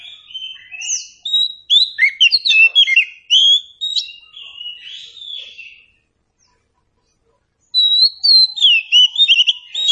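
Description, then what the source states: Oriental Magpie-Robin song: a long rambling run of bright whistles, trills and sharp chirps, then silence, then a fresh loud varied phrase. Meant to prompt a bird to sing in reply.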